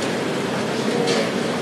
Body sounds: background sound without coughing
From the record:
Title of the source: Office Sounds Ambience - Background Noise for Study and Work

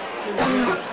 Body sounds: coughing mixed with background sound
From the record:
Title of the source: Barking cough - # 10

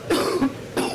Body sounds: coughing mixed with background sound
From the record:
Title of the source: Coughing 77

